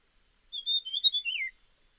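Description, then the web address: Dusky fulvetta giving a short whistled phrase of slurred notes that wavers level, then drops at the end, lasting about one second with no other sounds. "Dusky fulvetta. صدای-پرنده-چغک-چینی-تیره"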